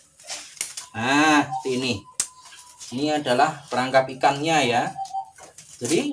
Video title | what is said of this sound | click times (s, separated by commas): CARA MUDAH MENCARI IKAN MAKANAN RUAK RUAK DENGAN PERANGKAP IKAN JARING PAYUNG | seperti ini sampai bunyi klek. Nah, | 0.6 s